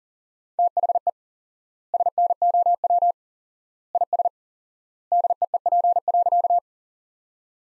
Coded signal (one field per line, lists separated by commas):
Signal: Morse code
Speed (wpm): 37 wpm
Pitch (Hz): 700 Hz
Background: none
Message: THE SNOW IS DEEP.